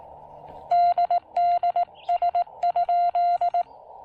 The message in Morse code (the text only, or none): DDS?